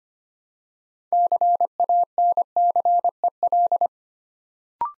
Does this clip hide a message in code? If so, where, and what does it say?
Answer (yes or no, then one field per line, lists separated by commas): yes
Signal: Morse code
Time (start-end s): 1.1-3.9 s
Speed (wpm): 25 wpm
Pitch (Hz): 700 Hz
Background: none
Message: CANCEL